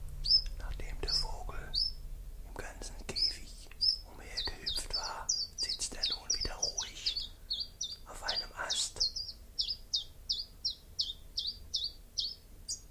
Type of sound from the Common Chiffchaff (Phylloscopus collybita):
song